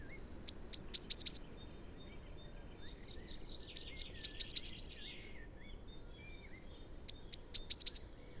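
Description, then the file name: Eurasian blue tit singing: very high thin notes running into a short descending trill, the phrase repeated three times roughly every three seconds over a faint low rumble. "Cyanistes caeruleus"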